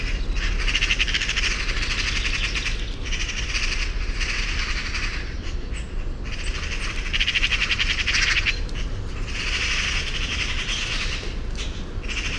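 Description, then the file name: Eurasian magpie with repeated bursts of rasping, machine-gun chatter, each run lasting one to three seconds, set against a steady low rumbling noise. "Pica pica"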